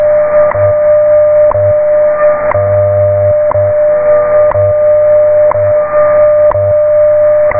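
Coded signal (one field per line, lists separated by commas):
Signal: radio time signal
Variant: WWV/WWVH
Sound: steady mid tone with a sharp tick every second, low hum underneath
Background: radio static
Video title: Very clear recording of WWVH/WWV time signal at 10000 kHz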